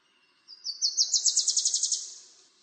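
Bird call: a high, fast trill of many rapid notes that climbs slightly in pitch over roughly a second and a half, then fades out.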